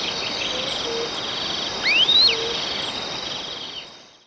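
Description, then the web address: Long-tailed tyrant call: one clear rising whistle, slightly hooked at the top, set against a continuous high insect chorus. Recorded in Ecuador. "S America Birds of Ecuador. Long-Tailed Tyrant"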